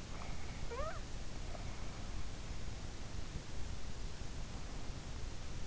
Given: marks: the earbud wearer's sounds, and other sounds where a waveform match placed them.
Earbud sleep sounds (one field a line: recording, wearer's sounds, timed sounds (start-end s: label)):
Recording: sounds in sleep by an in-ear microphone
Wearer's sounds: snoring breath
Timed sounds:
0.21-0.98 s: snoring breath